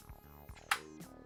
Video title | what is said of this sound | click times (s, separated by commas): Teenage Mutant Ninja Turtles Donatello Full Episode Toys And Surprise Packs By Disney Cars Toy Club | so there was the click and now we're going to place the two eggs together | 0.7 s